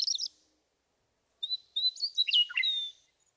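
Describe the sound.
Western meadowlark song opening with a steady whistled note, followed by a flurry of notes that tumble downward into a gurgling finish; a brief high chatter precedes it.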